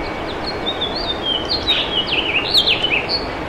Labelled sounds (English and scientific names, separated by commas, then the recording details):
House Finch (Haemorhous mexicanus) song
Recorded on Long Island, New York, on 28 June 2012
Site SB
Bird A